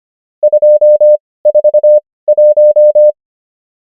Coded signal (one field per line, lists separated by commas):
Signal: Morse code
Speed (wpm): 25 wpm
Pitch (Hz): 600 Hz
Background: none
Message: 241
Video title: morse code practice | 25wpm | 18fw | numbers | ENGLISH